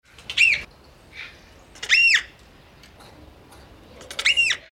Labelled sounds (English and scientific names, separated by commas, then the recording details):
Diana Monkey (Cercopithecus diana)
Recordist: Tembrock, Günter
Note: Erregungsrufe eines Muttertieres